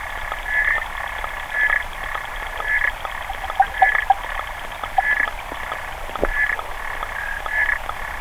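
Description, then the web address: Clawed frog giving faint, short buzzy trills about once a second, with a few brief clicks. "sounds xenopus"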